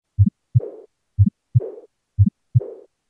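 Mild aortic regurgitation in an adult heart heard by stethoscope: a regular beat at about 60 per minute, each S1 and S2 followed by a soft, high-pitched blowing diastolic murmur that starts right after the second sound and fades away (decrescendo).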